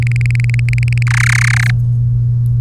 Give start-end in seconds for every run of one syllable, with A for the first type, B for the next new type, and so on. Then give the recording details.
0.02-1.03 A, 1.07-1.71 B. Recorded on 3 May 2018 at 10:37. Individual llb3